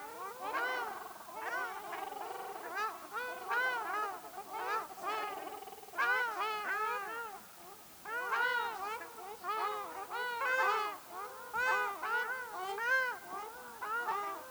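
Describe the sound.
Ruddy shelduck calls, a flock giving loud, nasal, arched honks in dense overlapping bursts with brief gaps throughout.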